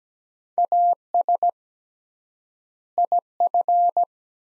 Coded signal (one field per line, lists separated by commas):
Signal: Morse code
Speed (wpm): 17 wpm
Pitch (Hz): 700 Hz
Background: none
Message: AS IF